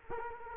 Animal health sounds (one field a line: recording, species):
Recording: mosquito wingbeat signal from an infrared sensor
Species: Culex quinquefasciatus